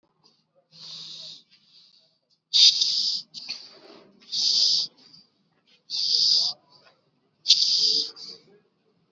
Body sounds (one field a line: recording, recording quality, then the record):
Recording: deep breathing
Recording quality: excellent, no background noise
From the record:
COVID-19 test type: RT-PCR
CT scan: not taken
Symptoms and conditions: none ticked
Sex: male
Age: 22 years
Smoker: no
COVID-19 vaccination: both doses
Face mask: worn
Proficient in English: yes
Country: India